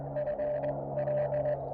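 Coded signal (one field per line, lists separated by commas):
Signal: Morse code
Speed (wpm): 20 wpm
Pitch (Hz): 600 Hz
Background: none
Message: FL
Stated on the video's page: Parks on the Air activation at a North Carolina lighthouse.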